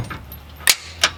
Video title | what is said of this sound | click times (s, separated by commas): lady winnie tutorial | It'll snap into place. | 0.7 s, 1.0 s